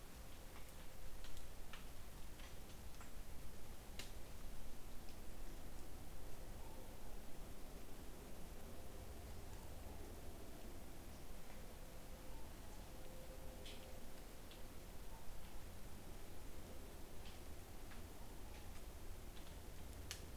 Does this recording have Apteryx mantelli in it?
no